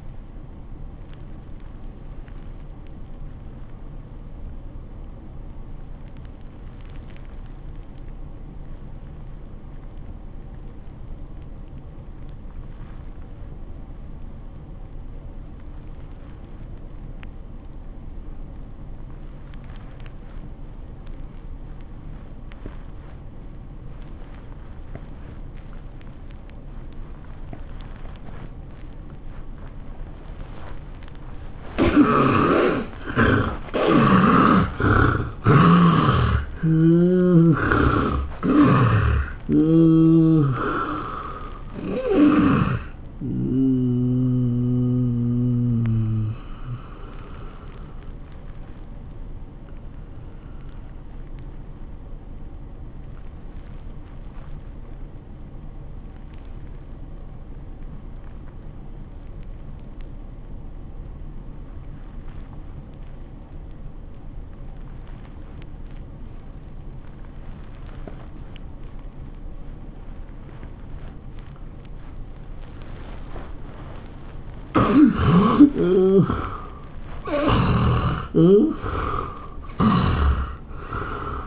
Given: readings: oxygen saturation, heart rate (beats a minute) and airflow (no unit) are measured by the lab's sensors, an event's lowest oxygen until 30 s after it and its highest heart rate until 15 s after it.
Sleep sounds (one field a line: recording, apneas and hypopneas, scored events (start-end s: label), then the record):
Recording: breathing in sleep by a smartphone at the bedside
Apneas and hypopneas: 2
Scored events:
7.00-32.50 s: obstructive apnea (N1, oxygen 92% highest, then 66% lowest, heart rate 83 at the start, 104 highest)
7.00-37.00 s: new sleep stage, N2 (light sleep)
37.00-81.47 s: new sleep stage, N1 (lightest sleep)
51.00-74.40 s: hypopnea (N1, oxygen 96% highest, then 69% lowest, heart rate 80 at the start, 101 highest)
From the record:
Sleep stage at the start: N1 (lightest sleep)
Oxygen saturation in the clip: 66 to 96%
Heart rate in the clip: 77 to 104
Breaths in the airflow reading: 12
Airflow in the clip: -20.6 to 15.6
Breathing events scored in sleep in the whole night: 403 in 5.5 hours asleep